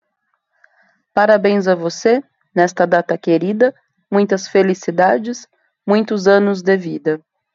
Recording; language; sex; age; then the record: short text; Brazilian Portuguese; female; 30 to 39 years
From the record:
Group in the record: control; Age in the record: 34 years